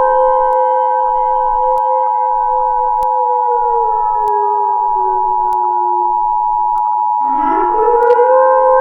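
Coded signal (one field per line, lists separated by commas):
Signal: Emergency Alert System (SAME) tones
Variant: 853 and 960 Hz attention tone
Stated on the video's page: Fake EAS scenario, not a real alert.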